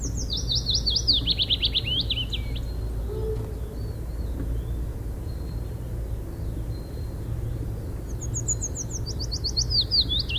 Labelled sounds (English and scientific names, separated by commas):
Willow Warbler (Phylloscopus trochilus) song